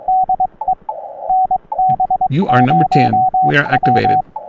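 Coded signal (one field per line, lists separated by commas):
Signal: Morse code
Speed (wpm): 22 wpm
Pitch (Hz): 750 Hz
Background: speech, radio noise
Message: DE NB0W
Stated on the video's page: CW Parks on the Air activation on 20m using a Xiegu G90, a 17-foot vertical whip, a solid state dual paddle and a memory keyer, with hunters calling.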